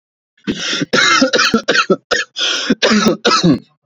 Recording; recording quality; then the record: heavy voluntary cough; excellent, no background noise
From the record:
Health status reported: healthy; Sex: male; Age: 29 years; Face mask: worn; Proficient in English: yes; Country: India